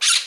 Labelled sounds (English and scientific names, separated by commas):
Brown-throated Parakeet (Eupsittula pertinax) contact call